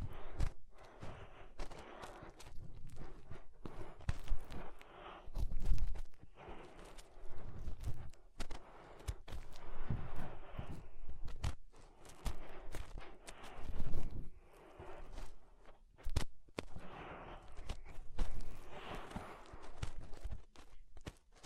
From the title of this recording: Inner Ear Cleaning Using Fingers